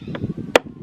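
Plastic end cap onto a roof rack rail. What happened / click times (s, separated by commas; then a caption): The plastic clip snapped into place / 0.6 s. On a Chevy Traverse, the front of a plastic roof rack end cap is put in on a second try and the cap is pressed onto the rail. A faint tick at 0.2 s is followed by a sharp, bright click at 0.6 s as the end cap clip snaps in and the cap seats on the rail.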